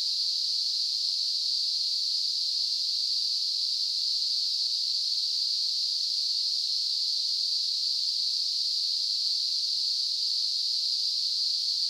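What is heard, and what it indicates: Simulated tinnitus: a steady, unbroken high-pitched hiss concentrated in a narrow band around 4–5 kHz, holding the same loudness throughout.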